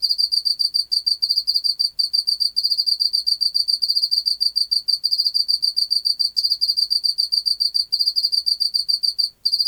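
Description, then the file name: Pacific field cricket producing steady high-pitched pulse trains with frequent brief breaks over nearly ten seconds. "Teleogryllus oceanicus"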